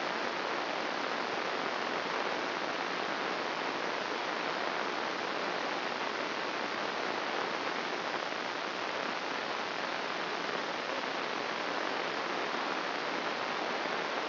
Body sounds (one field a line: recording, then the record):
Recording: brain microelectrode recording played as sound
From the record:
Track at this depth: inside the subthalamic nucleus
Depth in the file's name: 0.933 mm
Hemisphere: right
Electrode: 2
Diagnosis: Parkinson's disease